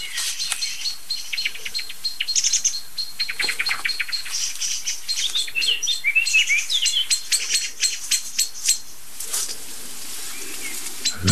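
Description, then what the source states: Common blackbird joining an agitated song thrush: dense, rapid clicking and chattering notes throughout, with some high whistled notes, over steady background hiss. A blackbird joins an agitated song thrush as a second species, making the alarm more intense.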